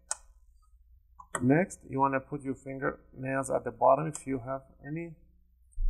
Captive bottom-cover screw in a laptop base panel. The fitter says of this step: you cannot remove it completely you just have to loosen it until you hear that click next